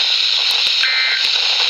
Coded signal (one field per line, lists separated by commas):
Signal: Emergency Alert System (SAME) tones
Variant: end-of-message bursts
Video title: EAS #31 - Flash Flood Warning 8-22-2013